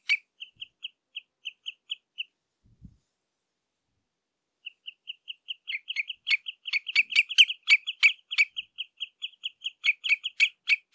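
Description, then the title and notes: Common redshank contact calls: short clipped piping notes in a quick even series, a pause, then a denser, overlapping run of calls. Contact calls between redshanks at De Wilck, Benthuizen, on 27 May 2020. "Tureluur -Tringa totanus – Redshank. De Wilck, Benthuizen"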